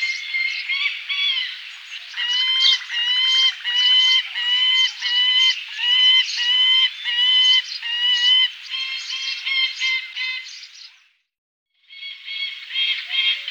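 Saker falcon chattering: a rapid, harsh, rattling series of clipped notes that runs unbroken, pauses briefly, then starts again.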